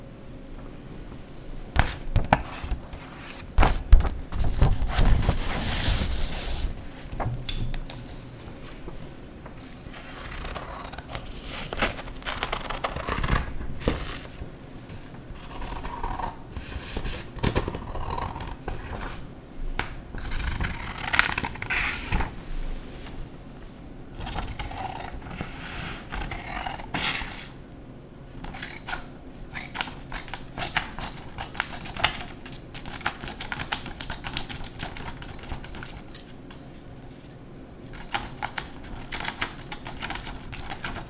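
Paper is cut with scissors and torn and crumpled, making a dense run of crisp rustling, crackling and snipping sounds that rarely pause. Sharper bursts stand out near 4, 13 and 21 seconds, over a faint steady low hum.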